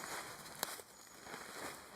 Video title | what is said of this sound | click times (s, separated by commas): Epic Thunderstorm - Solo Camping | Then each of these legs needs to be extended and they will all just lock into place like so. | 0.6 s